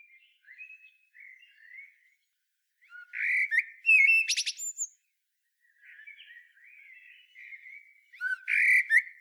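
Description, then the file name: Common blackbird song alternating quiet, low warbling passages with loud bursts of fluty notes and high, shrill twitters. "Turdus merula"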